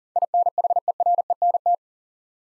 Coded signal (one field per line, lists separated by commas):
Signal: Morse code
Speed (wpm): 40 wpm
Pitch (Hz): 700 Hz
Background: none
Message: INHERENT